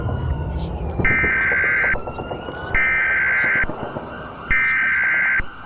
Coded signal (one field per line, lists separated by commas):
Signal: Emergency Alert System (SAME) tones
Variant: header bursts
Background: speech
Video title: TFR 시나리오 | 제 2차 미국 내전 - TV EAS 방송